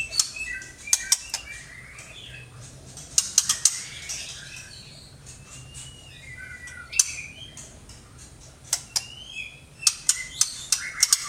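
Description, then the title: Oriental magpie-robin song: soft varied whistles and slurred notes, punctuated by sharp ticking clicks. "Kicau Kacer"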